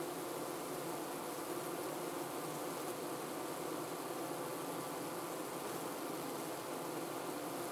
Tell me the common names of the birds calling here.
none